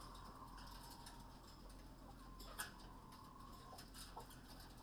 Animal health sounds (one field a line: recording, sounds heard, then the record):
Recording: poultry house recording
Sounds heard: healthy chickens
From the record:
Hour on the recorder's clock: 19